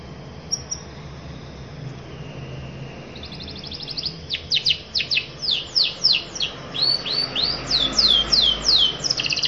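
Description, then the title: Canary song that starts after near-silence, building into a rapid sequence of sharp high sweeping notes repeated about three times a second. Long, continuous singing in the 'cengkok' style of varied phrasing, described as fancy and 'gacor', meaning singing vigorously. "Cengkok Kenari Mewah. Kenari gacor panjang"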